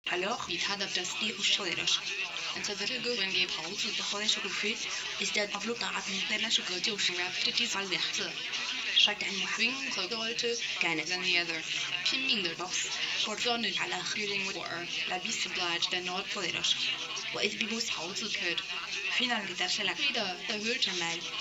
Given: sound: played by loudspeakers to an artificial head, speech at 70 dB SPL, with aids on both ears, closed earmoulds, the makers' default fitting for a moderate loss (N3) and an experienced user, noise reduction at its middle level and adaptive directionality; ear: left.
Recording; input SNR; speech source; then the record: speech test signal (ISTS) in cocktail-party noise; +9 dB; in front (0 degrees)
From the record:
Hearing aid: class 1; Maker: A